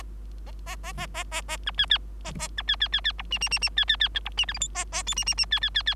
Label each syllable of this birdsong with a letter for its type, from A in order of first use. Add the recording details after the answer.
A A A A A A A B C C A A B C C C C D E E E E C C C D E F G H A A I E E E C C C C. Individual Bird3